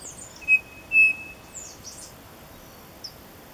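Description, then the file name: Bird whistle in two level notes, the second longer, followed by a few soft high squeaks. "SABIOD 50 bird 2015"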